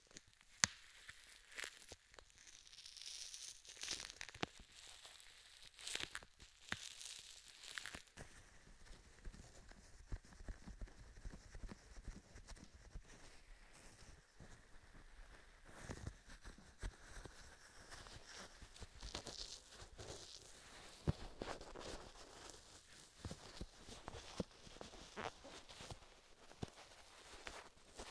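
Dry tapping and cupped rustles from gloved hands, with crinkly plastic textures throughout. Sharp taps land irregularly every second or so, sometimes in quick clusters, while a soft hissing rub fills the gaps. The sounds stay quiet, with no voice.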